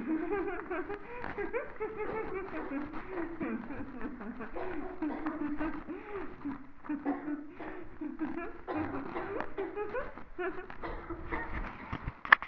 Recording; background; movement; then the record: laughter; a bystander coughing; walking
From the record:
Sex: female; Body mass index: 36.4 kg/m2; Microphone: on the chest, facing the body